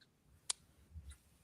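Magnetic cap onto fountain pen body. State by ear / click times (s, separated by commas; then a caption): seated / 0.5 s. A magnetic cap is closed onto a fountain pen body, producing one sharp, bright click at 0.5 s as the cap seats shut. Quieter low rustling follows around 1.0–1.1 s, and the cap is confirmed closed.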